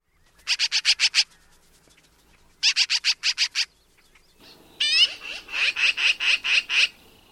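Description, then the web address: Black-billed magpie giving rapid chattering bursts of about six high notes each, then a harsher series of notes. "Thumbs Plus Zoo Field Guide Repository Sounds"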